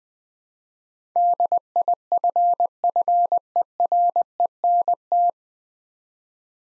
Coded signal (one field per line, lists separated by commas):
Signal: Morse code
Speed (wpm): 20 wpm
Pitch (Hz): 700 Hz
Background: none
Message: DIFFERENT